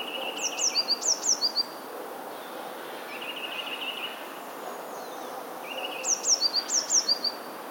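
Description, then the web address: Passerine: songbird calling: clusters of very high, steeply falling twitter notes separated by lower, drawn-out buzzy chirps, with constant background hiss. Recorded 21 January 2021. "wroblowe teka mies 21 01 2021"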